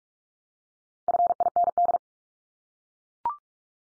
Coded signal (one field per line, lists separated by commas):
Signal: Morse code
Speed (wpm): 44 wpm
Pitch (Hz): 700 Hz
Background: none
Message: FIND